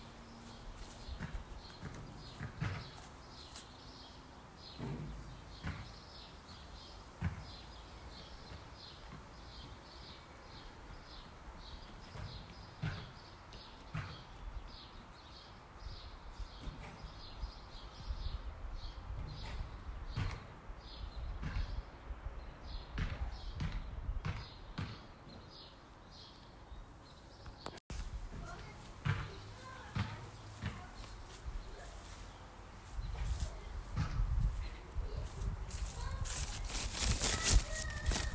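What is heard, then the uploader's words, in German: Garden sounds outdoors: a steady low rumble underlies frequent short knocks and taps, some thudding like footsteps or objects set down, scattered through the whole stretch. Faint voices and small animal-like sounds appear at times, with a brief break near 28 seconds and busier, louder activity toward the end. Gartengeräusche. Heute habe ich mein ersten ASMR aufgenommen in meinem Garten.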